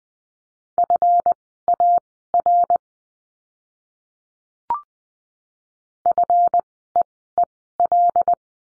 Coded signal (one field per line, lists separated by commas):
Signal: Morse code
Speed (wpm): 20 wpm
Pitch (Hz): 700 Hz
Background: none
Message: FAR FEEL